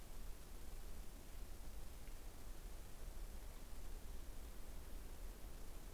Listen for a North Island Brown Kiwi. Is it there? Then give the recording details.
no. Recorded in New Zealand on 21 November 2014. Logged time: 01:28. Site CL78